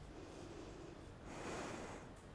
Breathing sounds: one breath in and out by a microphone near the nose and mouth; normal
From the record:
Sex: female

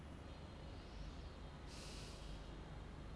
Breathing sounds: one breath in and out by a microphone near the nose and mouth; normal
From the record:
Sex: male

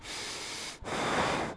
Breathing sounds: one breath in and out by a microphone near the nose and mouth; strong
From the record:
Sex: male

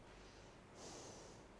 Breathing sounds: one breath in and out by a microphone near the nose and mouth; normal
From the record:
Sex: female

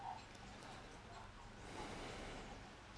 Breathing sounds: one breath in and out by a microphone near the nose and mouth; deep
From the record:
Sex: male

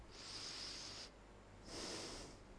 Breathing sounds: one breath in and out by a microphone near the nose and mouth; deep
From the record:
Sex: male

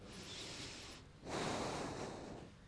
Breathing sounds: one breath in and out by a microphone near the nose and mouth; deep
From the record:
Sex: male

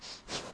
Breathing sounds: one breath in and out by a microphone near the nose and mouth; strong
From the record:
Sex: male

